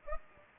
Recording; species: mosquito wingbeat signal from an infrared sensor; Anopheles gambiae